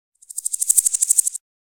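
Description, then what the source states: Insect call: a short, very high-pitched pulsed buzz of many rapid beats over about a second, swelling in loudness then stopping abruptly, with silence around it. Insects recorded as jungle forest ambience.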